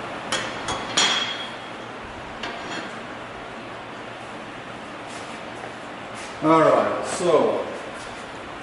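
Hub bearing bolts on the axle housing of a Jeep JK's Dynatrac ProRock 44 axle are tightened with a click torque wrench, first to 50 and then up to about 75. Sharp metallic clicks at 0.3 s and 2.4 s mark the wrench breaking at its setting, and the bearing ends up locked into place. Someone talks near the end.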